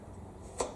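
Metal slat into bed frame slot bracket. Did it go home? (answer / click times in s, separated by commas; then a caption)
no / none. Someone presses down on the end of a steel slat to lock it into its slot bracket on a Zinus bed frame. There is a quiet low rumble, with one brief, sharp tap around 0.6 s. The slat has not seated or snapped in yet.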